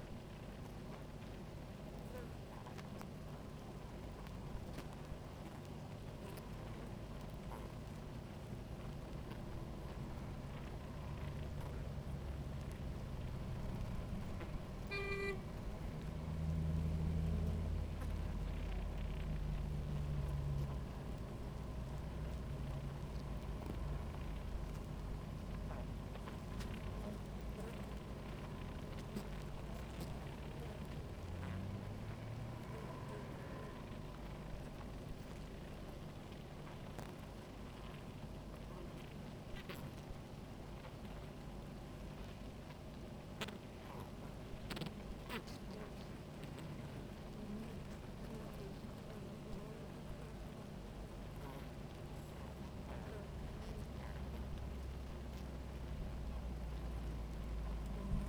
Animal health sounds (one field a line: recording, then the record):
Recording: honeybee colony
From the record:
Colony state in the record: active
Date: 28 July 2017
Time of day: 17:20